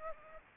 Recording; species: mosquito wingbeat signal from an infrared sensor; Aedes aegypti